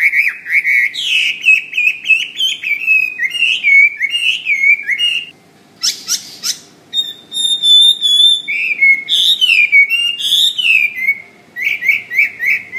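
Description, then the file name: Hwamei song: strong warbled whistles and slurred notes in quick runs, a short pause, then renewed loud varied phrases. "omkicau hwamey"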